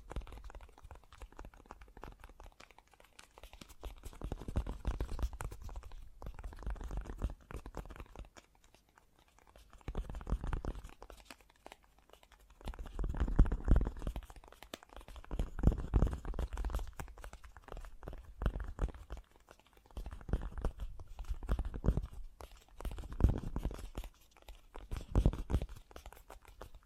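Fast, gentle tapping comes in dense bursts lasting a few seconds, separated by short quieter pauses. The taps are soft and crunchy, mostly low and muffled with little brightness, and their pace stays quick and fairly even throughout.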